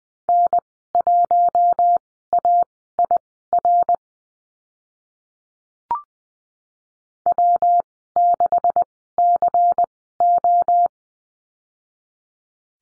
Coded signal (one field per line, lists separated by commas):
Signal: Morse code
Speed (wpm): 20 wpm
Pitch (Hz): 700 Hz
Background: none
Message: N1AIR W6CO